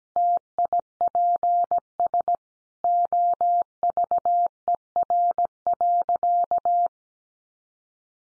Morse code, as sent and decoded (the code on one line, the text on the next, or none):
- .. .--. ... / --- ...- . .-. .-.-.-
TIPS OVER.